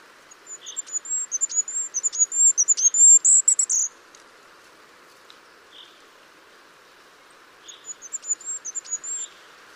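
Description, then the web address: Bird calling in a very high, thin series of short notes that quicken and swell for about three seconds, then fall silent before a shorter, softer run returns. "birddata Deverinetal 2025"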